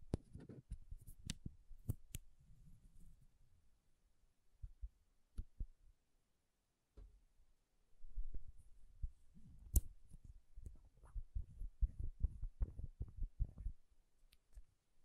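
Tapping and scratching on makeup items, with sharp clicks scattered irregularly and a few louder taps near two and ten seconds. Soft low scratching rustles in bursts, fading into near-silence around six to seven seconds before denser tapping resumes.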